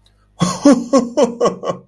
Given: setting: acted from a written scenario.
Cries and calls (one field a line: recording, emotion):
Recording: vocal sound without words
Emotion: amusement